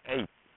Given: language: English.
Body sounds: throat vibration sensor signal played as sound; speech

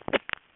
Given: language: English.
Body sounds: throat vibration sensor signal played as sound; cough

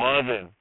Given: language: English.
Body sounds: throat vibration sensor signal played as sound; speech

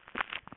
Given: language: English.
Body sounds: throat vibration sensor signal played as sound; swallow

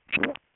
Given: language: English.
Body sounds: throat vibration sensor signal played as sound; swallow

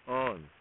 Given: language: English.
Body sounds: throat vibration sensor signal played as sound; speech

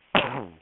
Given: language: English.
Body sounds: throat vibration sensor signal played as sound; cough

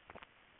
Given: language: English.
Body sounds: throat vibration sensor signal played as sound; swallow

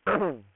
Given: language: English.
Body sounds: throat vibration sensor signal played as sound; throat clearing

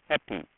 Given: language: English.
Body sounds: throat vibration sensor signal played as sound; speech

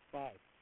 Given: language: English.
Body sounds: throat vibration sensor signal played as sound; speech

